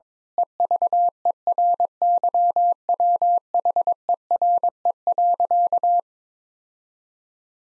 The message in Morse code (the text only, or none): EVERYWHERE.